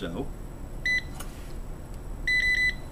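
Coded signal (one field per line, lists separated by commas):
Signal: none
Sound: door lock's confirmation beeps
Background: speech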